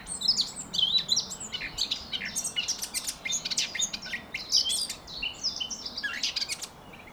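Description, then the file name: Eurasian blackcap song: an unbroken stream of scratchy twitters and high whistled notes. "Sylvia atricapilla"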